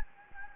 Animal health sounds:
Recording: mosquito wingbeat signal from an infrared sensor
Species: Anopheles gambiae

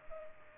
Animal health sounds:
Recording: mosquito wingbeat signal from an infrared sensor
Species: Culex pipiens

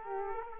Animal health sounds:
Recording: mosquito wingbeat signal from an infrared sensor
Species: Aedes aegypti

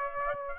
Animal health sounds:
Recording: mosquito wingbeat signal from an infrared sensor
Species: Aedes aegypti

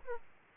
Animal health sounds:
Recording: mosquito wingbeat signal from an infrared sensor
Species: Aedes aegypti

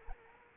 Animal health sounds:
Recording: mosquito wingbeat signal from an infrared sensor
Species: Anopheles arabiensis

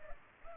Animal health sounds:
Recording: mosquito wingbeat signal from an infrared sensor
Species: Culex pipiens

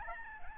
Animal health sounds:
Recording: mosquito wingbeat signal from an infrared sensor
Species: Aedes albopictus

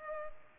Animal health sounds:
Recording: mosquito wingbeat signal from an infrared sensor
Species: Culex pipiens

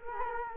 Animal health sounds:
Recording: mosquito wingbeat signal from an infrared sensor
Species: Culex quinquefasciatus

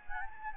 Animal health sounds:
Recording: mosquito wingbeat signal from an infrared sensor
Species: Anopheles gambiae

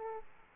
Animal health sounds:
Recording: mosquito wingbeat signal from an infrared sensor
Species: Aedes aegypti

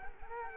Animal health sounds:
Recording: mosquito wingbeat signal from an infrared sensor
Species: Culex quinquefasciatus

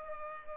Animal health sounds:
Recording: mosquito wingbeat signal from an infrared sensor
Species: Culex pipiens

